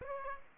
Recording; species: mosquito wingbeat signal from an infrared sensor; Aedes aegypti